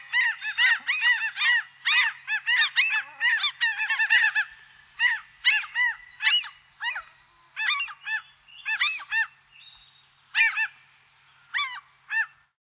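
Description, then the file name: Common gull giving loud, harsh, harmonic calls in rapid bursts, each note arching up then down, with brief pauses between series over a quiet background. "chajjka sizaja"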